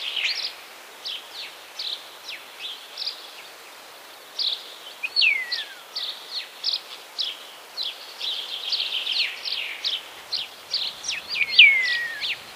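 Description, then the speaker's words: Common Starling song: scattered high chirps and clicks broken by clear falling whistles, the last one long and sliding down. Spring; the starling sits by its nest box fluttering its wings and whistles its song in many ways. "Багато хто спостерігав, як навесні, сидячи біля шпаківні і тріпочучи крилами, шпак висвистує на всі лади свою пісеньку."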